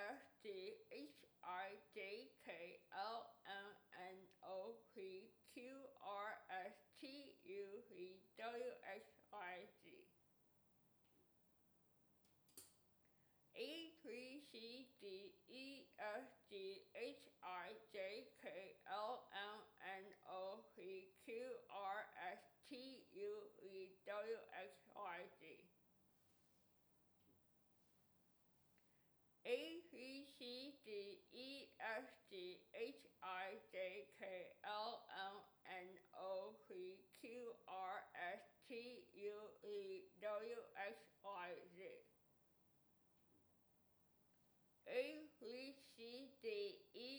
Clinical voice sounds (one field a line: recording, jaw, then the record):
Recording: letters of the alphabet, spoken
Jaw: constrained by a bite bar between the teeth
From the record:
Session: first day, right after the free take